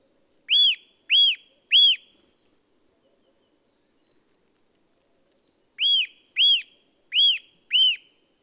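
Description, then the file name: Eurasian nuthatch giving a quick run of three ringing, arched whistles, then a pause of a few seconds before four more evenly spaced notes. "Sitta europaea"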